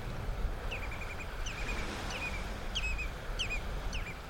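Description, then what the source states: Common Redshank calls: a series of clear downslurred piping notes repeating steadily over low rumbling noise. Two redshanks together on a large lagoon beside a shingle bank, annoyed with each other.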